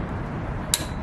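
A click-type torque wrench set to 184 ft-lb tightens a wheel hub axle nut. Over a steady low background rumble, a single sharp, bright click sounds at 0.7 s, the first of two clicks. The wrench has reached its setting.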